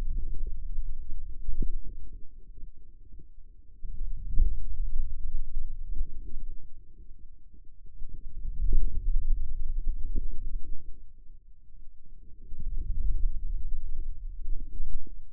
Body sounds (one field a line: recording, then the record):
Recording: forearm muscle sounds (acoustic myography)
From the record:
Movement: hand closing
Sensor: system 2, bracelet of six BSWA MPA416 microphones around the upper forearm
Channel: 5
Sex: male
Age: 22 years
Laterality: right